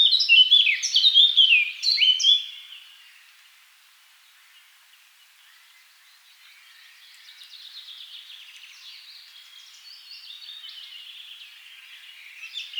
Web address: SETE Sylvia atricapilla